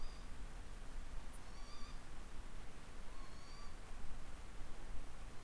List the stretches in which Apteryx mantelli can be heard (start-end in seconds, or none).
none